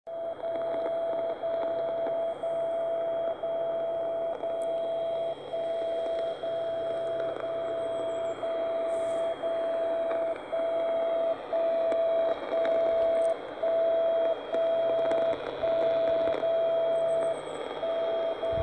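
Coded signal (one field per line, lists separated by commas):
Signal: radio time signal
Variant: MSF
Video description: Reception of 60 kHz MSF Time Signal from Anthorn (UK) with my home made ULF/VLF receiver.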